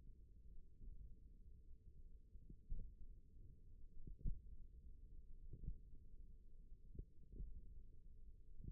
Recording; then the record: forearm muscle sounds (acoustic myography)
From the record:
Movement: finger pinch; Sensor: system 1, eight BSWA MPA416 microphones around the upper forearm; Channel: 4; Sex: female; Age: 21 years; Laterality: right